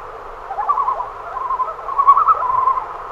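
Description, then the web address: Common loon giving a quavering, wavering call near one pitch, growing louder toward the end. "great northern loon"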